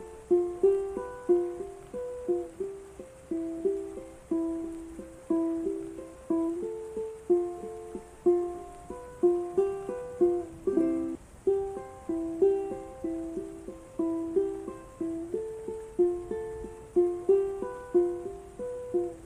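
A ukulele plucks a steady, repeating pattern of bright notes, several each second, each ringing briefly before the next, with a few louder accents around the ten-second mark. Under the playing, rain makes a soft, even hiss that continues throughout.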